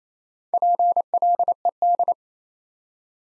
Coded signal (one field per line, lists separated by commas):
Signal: Morse code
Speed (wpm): 28 wpm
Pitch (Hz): 700 Hz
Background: none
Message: PLED